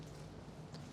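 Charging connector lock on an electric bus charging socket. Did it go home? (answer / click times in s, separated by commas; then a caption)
released / 0.7 s. After the button is pressed to end charging, the lock finger on the charging connector of a Heuliez GX337E Linium electric bus (Bibus network) retracts with a short click at 0.7 s over a steady low hum. The plug is now unlocked and released.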